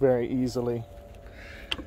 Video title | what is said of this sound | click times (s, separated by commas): SIMPLE BEER CAN CHICKEN - Masterbuilt Gravity Series 560 | and you just lift it up clicks into place | 1.7 s